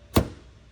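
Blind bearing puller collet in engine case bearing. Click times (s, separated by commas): 0.2 s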